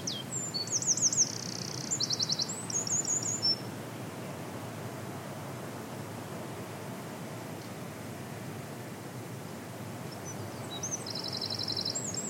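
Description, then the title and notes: Eurasian wren song: a short burst of high, rapid trills at the start, then a long quiet gap of rushing background noise, and another trill near the end. Wild bird singing on a beach in Rhu, just outside Helensburgh, Scotland, heard while walking after a long day at work. "The Song Of The Eurasian Wren. As I am walking on a beach in Rhu, just outside of Helensburgh Scotland, I hear this song"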